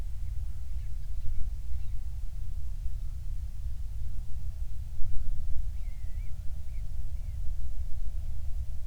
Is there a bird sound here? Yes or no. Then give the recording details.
no. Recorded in the Prudhoe Bay oil fields, Alaska, on 28 July 2019 at 06:27. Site 25